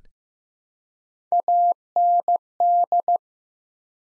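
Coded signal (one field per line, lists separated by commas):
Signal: Morse code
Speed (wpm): 15 wpm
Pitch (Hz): 700 Hz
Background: none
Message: AND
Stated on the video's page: Morse practice at 15 wpm: three-letter words sent one letter at a time, a beginner word-building drill for instant character recognition.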